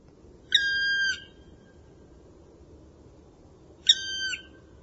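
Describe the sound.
Bird calling with two flat, nasal notes about three seconds apart, each lasting around half a second, against faint low background noise.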